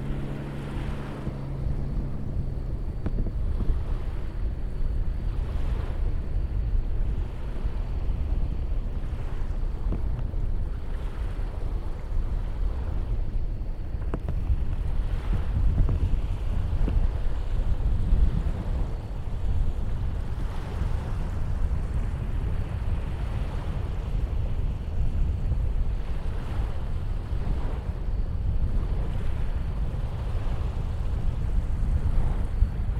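Surf and wind at a beach, heavy and steady throughout, with a deep rumbling roar that swells now and then without clear breaks. Gusts buffet the microphone, and a faint thin whine holds in the background.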